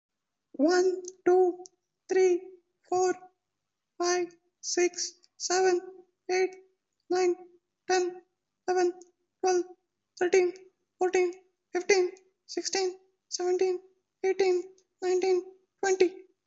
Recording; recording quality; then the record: counting at a normal pace; excellent, no background noise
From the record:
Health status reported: COVID-19 positive, mild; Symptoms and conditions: cough, cold, diabetes, ischaemic heart disease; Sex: female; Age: 52 years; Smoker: not ticked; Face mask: not worn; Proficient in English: no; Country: India